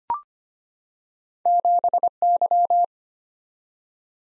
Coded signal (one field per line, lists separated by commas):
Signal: Morse code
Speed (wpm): 25 wpm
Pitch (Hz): 700 Hz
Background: none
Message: 7Y